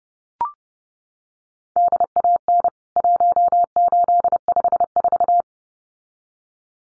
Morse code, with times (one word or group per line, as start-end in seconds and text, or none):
1.8-2.7 DAN
3.0-5.4 1854